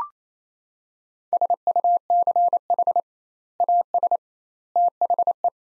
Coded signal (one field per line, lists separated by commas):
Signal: Morse code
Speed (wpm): 28 wpm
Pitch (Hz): 700 Hz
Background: none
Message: SUCH AS THE